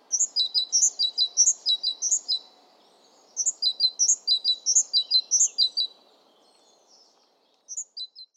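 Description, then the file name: Great tit song: bright two-note phrases, a high note dropping to a lower one, repeated quickly in two long bouts of about two and a half seconds, then a short final burst. "Great Tit Parus major"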